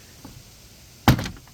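A hand slides under the plastic trim panel around the front trunk of a Tesla Model 3 or Model Y and pops the next retaining clip off. Someone talks while a faint rustle is heard, then a sharp snap at 1.1 s releases the clip, followed by a softer rattle as the trim shifts.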